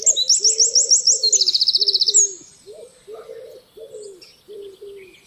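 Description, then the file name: Eurasian wren song: a loud, high, rapid tumbling warble with fast buzzy trills for two seconds, while a dove's low soft cooing repeats steadily throughout. "Troglodytes troglodytes"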